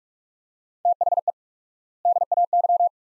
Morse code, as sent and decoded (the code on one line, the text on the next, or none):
- .... . / -.. .- -.--
THE DAY